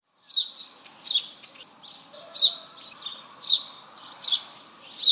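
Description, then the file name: House sparrow calling with repeated sharp chirps every half to one second, some notes with slurred, squeaky inflections. "Passer domesticus"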